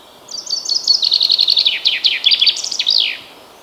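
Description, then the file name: Common chaffinch song, a rapid series of chipping notes running down the scale into a rattling trill and a final emphatic flourish, heard once against faint background hiss. "Fringilla coelebs"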